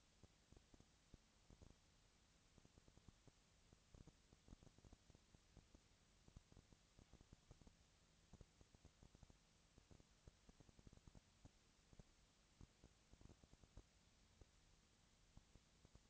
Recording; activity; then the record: daily activity, microphone in the room; no activity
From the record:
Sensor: 3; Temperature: 20.4 degrees Celsius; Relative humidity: 34.4%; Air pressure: 996.9 hPa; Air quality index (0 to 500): 205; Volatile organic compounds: 68 ppm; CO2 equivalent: 3498 ppm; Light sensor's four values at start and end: 2/3/2/2 and 2/3/2/2